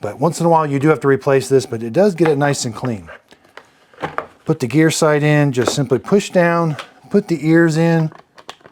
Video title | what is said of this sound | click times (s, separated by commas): I Tested the New Shark MessMaster Hydrovac WD261 – Here's What I Found | rotate this make sure you hear it snap into place | 8.5 s